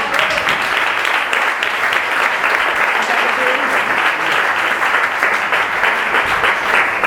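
Sustained applause from an audience, a dense, steady wash of clapping that stays loud and even for several seconds with no pauses.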